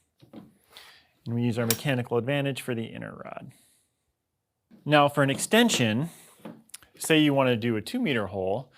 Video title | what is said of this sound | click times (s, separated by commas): TEROS BIT Como preparar o uso da ferramenta de instalação de sensores | we'll push in the inner rod, and then these two will snap into place. | 0.8 s